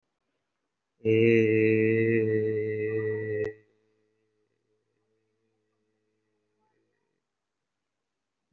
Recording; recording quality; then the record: sustained vowel as in made; excellent, no background noise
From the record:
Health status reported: COVID-19 positive, mild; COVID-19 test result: positive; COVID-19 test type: RT-PCR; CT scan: taken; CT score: 0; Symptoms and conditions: cough, cold, sore throat, fever, fatigue, muscle pain, diarrhoea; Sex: male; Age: 47 years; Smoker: no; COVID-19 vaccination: one dose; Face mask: worn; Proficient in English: yes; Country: India